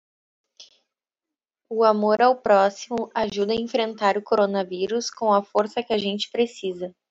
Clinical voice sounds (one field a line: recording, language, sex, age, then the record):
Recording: spoken sentence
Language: Brazilian Portuguese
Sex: female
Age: 20 to 29 years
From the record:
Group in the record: control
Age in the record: 26 years